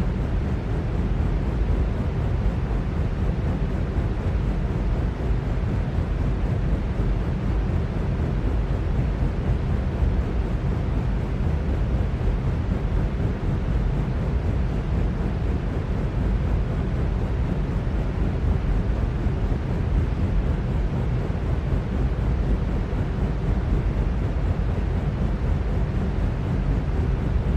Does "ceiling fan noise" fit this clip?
yes